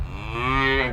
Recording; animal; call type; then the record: contact call of a hoofed animal; cattle; low-frequency (closed-mouth) or high-frequency (open-mouth) call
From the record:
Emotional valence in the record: negative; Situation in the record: full separation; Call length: 0.93 s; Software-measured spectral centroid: 1810 Hz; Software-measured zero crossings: 1990 a second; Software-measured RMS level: -23 dBFS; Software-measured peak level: -9 dBFS